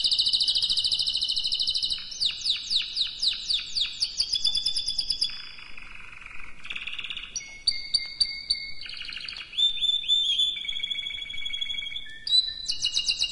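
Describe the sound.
Canary song alternating fast high rolled trills with lower, throatier tours midway, then returning to quick sweeping notes and whistles.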